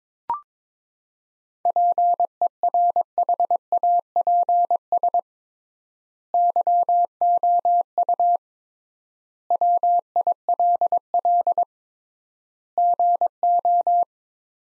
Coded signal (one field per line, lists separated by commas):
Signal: Morse code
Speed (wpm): 22 wpm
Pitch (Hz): 700 Hz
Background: none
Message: PERHAPS YOU WILL GO